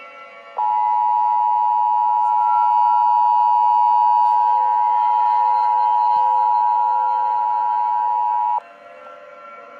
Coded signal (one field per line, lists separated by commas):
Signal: Emergency Alert System (SAME) tones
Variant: 853 and 960 Hz attention tone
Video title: EAS Scenario Tayo The Little Bus Part 2